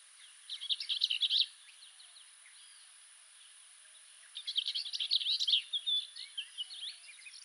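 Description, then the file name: Orchard oriole song in two rushed, jumbled phrases of quick chattery and whistled notes, the second longer, with faint lower whistles and constant background hiss. "Orchard Oriole - XC 446838-Icterus spurius"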